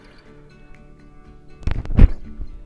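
A filled insulin cartridge is pushed into the body of an insulin pump over soft background music. A sharp click at 1.7 s marks the cartridge seating, followed by a few more handling knocks near 1.9 and 2.0 s. The cartridge is confirmed installed.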